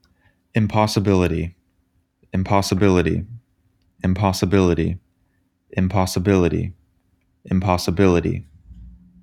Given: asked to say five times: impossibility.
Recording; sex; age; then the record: repeated word; male; 20 to 29 years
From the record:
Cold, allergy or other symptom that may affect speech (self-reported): no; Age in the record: 22 years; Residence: Tennessee, United States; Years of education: 12